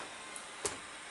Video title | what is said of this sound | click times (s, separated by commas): LES MACHINES POUR AMBRELLA ET AURORE | La cage se clipse ici sur le côté. | 0.4 s, 0.7 s